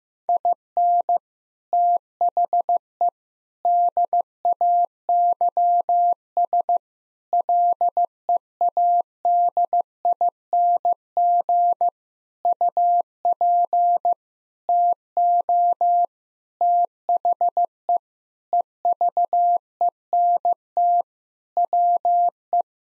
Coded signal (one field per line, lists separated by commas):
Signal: Morse code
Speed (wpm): 16 wpm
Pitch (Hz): 700 Hz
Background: none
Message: IN THE DAYS LEADING UP TO THE EVENT WE